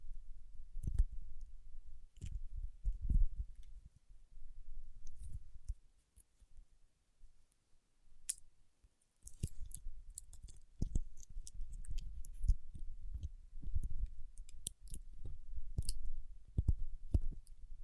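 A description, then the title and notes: Wax rubbed and pressed by fingertips makes soft low rumbles and sharp little clicks and snips, in bursts with brief quiet gaps. ASMR with Wax Fingertips for Sleep (No Talking).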